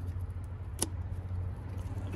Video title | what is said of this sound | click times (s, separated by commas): HOW TO REPLACE HEAD LIGHT BULB ON A 1996 - 2001 DODGE RAM 1500 | make sure it clicks | 0.8 s